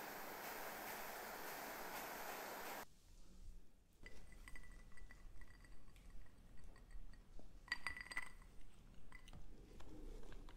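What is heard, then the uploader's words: Close mouth sounds for a man smoking a cigar: a steady airy hiss for the first three seconds, then a brief near-silence. From about four seconds on come soft wet clicks and lip smacks, with bright glassy clinks ringing out around eight seconds. Santa Smoking A Cigar.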